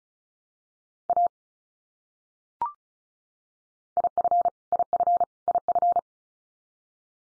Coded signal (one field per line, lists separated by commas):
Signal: Morse code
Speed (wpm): 34 wpm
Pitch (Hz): 700 Hz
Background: none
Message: A IF IF IF